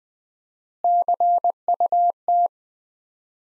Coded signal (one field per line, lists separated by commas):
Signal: Morse code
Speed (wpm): 20 wpm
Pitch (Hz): 700 Hz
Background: none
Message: CUT